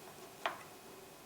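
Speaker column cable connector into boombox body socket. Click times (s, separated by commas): 0.5 s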